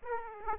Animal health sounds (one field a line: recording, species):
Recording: mosquito wingbeat signal from an infrared sensor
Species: Aedes aegypti